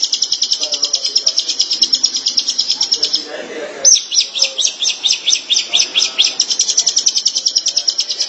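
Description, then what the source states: Long-tailed Shrike song: quick repeated notes, a brief break, then slightly slower, louder, more spaced notes that speed up again. Dated March 2017.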